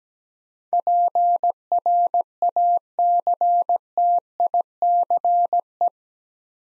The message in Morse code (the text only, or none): PRACTICE